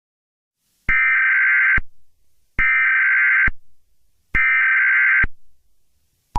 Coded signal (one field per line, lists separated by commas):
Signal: Emergency Alert System (SAME) tones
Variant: header bursts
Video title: Kid.exe EAS scenario part 4